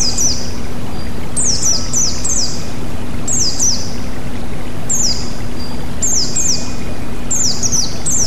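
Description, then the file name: White-eye song: high, thin descending notes repeated in bursts every second or so, over steady rushing water and a low constant hum. White-eye (pleci) with flowing water, bird therapy. "terapi air mengalir burung pleci"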